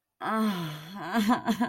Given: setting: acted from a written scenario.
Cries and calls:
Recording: vocal sound without words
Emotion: sadness

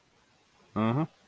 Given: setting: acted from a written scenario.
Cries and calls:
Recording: vocal sound without words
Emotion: neutral

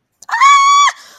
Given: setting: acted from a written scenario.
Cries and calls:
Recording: vocal sound without words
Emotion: fear

